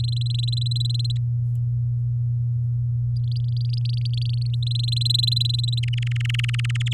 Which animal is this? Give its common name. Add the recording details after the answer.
Domestic Canary. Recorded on 8 May 2018 at 19:49. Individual llb16